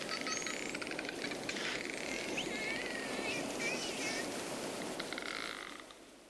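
Dolphin whistles, several looping and upswept tones gliding quickly, with dense pulsed click bursts and a constant watery noise fading toward the end.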